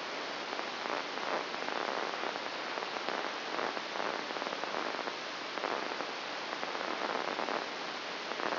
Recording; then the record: brain microelectrode recording played as sound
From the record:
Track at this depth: inside the subthalamic nucleus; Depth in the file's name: 2.004 mm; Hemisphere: left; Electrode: 1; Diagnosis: Parkinson's disease